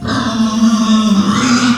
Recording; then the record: squeal of a Yucatan mini pig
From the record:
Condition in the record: after surgery on the right vocal fold (resection and tissue-engineered implant); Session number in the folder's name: 13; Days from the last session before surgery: 113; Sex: female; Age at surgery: 19 weeks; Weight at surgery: 25 kg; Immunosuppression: prednisolone